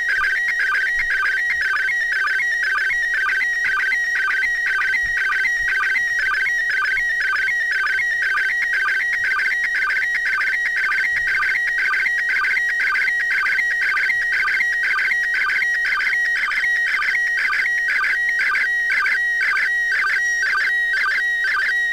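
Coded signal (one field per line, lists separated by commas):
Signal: SSTV (slow-scan television)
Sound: warbling, rhythmic tone repeating about twice a second, with short lower blips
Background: steady background whine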